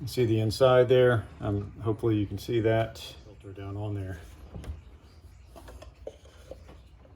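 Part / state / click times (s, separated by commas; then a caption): oil filter element into the plastic oil filter housing cap / not seated / none. During a 2020 Audi Q3 oil change, someone talks for the first few seconds while handling a new oil filter element above its plastic oil filter housing cap. This is followed by quiet rustling and a few faint taps. The element has not yet snapped into place, and nothing has seated or clicked yet.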